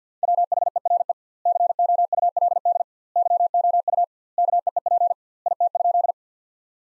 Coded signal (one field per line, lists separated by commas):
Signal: Morse code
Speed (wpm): 50 wpm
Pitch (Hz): 700 Hz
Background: none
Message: WHERE COULD YOU KEEP IT?